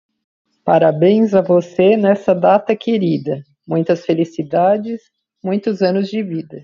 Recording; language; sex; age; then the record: short text; Brazilian Portuguese; female; 50 to 59 years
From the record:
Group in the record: control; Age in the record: 53 years